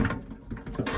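A kitchen sprayer hose quick-connect fitting, with a slot on each side, is pushed onto the faucet's supply connection. It snaps into place with a sharp click at 0.0 seconds, followed by softer low rustling and handling knocks. The fitting is confirmed seated.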